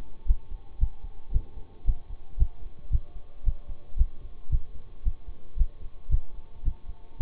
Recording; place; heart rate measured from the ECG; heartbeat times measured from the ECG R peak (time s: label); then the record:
heart sounds by stethoscope; between the tricuspid and mitral areas; 113 bpm
0.26 s: heartbeat
0.79 s: heartbeat
1.31 s: heartbeat
1.85 s: heartbeat
2.37 s: heartbeat
2.90 s: heartbeat
3.44 s: heartbeat
3.96 s: heartbeat
4.50 s: heartbeat
5.03 s: heartbeat
5.56 s: heartbeat
6.09 s: heartbeat
6.63 s: heartbeat
7.17 s: heartbeat
From the record:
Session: bicycle stress test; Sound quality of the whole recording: good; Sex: male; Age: 26 years